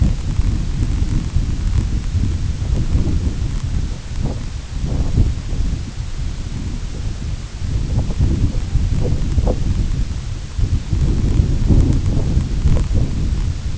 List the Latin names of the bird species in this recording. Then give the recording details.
none. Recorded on Arctic tundra, site IGLO-A, on 22 June 2018. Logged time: 17:59